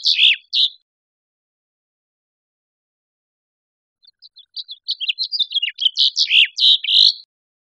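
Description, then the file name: House finch song, the end of one warbled phrase, a pause, then a fast twittering run of varied high notes building into a rich warble. Recorded in Costa Rica. "CR HOFI"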